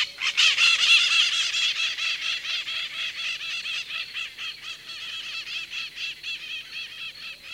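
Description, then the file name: White-eyed parakeet harsh screeching calls, a dense noisy burst that is loudest at first, then fades into rapid repeated squawks. "Psittacara leucophthalmus - White-eyed Parakeet"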